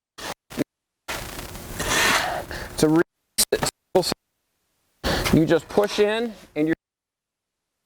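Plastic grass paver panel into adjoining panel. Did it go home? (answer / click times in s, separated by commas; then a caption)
no / none. A plastic grass-paver grid panel is pushed with light pressure into the neighbouring panel so its prongs will lock. Someone talks over rubbing and scraping handling sounds with a few short knocks. Nothing has seated or clicked yet.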